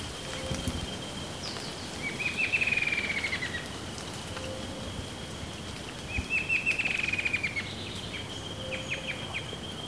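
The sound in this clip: Bird song, two quick buzzy trills about four seconds apart, each fading downward, with a constant high hum and soft scattered ticks behind.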